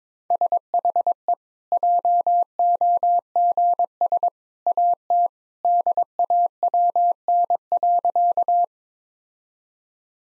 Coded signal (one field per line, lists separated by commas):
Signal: Morse code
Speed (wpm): 22 wpm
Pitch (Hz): 700 Hz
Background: none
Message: SHE JOGS AT DAWN.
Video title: Easy Sentences with Hints - 22wpm